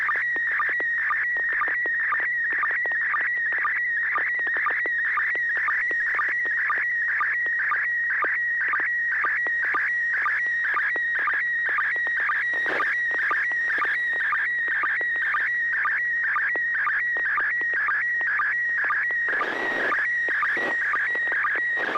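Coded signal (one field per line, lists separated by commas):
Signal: SSTV (slow-scan television)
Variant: PD120 mode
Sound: continuous warbling high tone with steady rhythmic ticking sync pulses, about two per second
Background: low hum, radio hiss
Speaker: okay this will be a pd120 n6wlm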